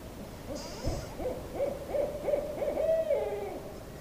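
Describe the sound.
Owl giving a fast, steady string of short hoots, roughly three per second, flattening into a longer sustained note near the end; a brief higher hiss early on.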